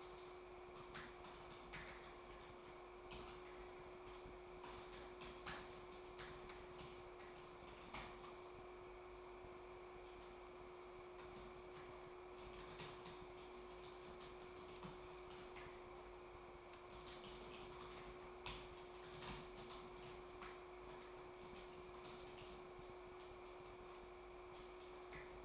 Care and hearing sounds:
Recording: daily activity, microphone in the room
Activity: typing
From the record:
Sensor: 1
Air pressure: 1004.5 hPa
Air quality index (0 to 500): 196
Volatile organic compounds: 17 ppm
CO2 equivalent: 2592 ppm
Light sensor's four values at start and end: 4/11/4/4 and 4/11/4/4

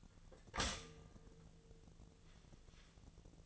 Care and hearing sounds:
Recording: daily activity, microphone in the room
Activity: stop toaster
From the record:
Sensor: 4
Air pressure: 1001.0 hPa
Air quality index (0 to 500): 150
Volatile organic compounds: 2 ppm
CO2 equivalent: 1100 ppm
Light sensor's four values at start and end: 19/45/19/20 and 19/44/19/20

